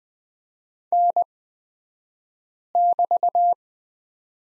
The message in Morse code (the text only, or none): N<BT>